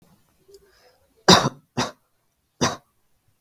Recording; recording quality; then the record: heavy voluntary cough; poor, much background noise or distortion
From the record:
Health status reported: healthy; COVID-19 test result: negative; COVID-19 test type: RT-PCR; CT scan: not taken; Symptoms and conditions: cold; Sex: male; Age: 20 years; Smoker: no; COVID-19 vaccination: both doses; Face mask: worn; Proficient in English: yes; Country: India